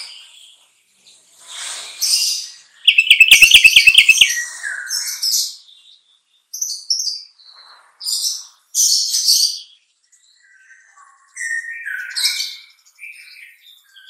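Bulbul song: varied bursts of chirps and short scratchy phrases, including one rapid, rattling trill, separated by brief silences throughout.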